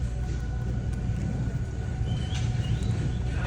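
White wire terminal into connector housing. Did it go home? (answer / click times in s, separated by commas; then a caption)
no / none. A white wire's terminal is handled at the left side of a replacement plastic connector housing for a brittle Toyota/Lexus connector, ready to be pushed in. Only a steady low rumble with faint higher tones is heard, and nothing has seated or clicked yet.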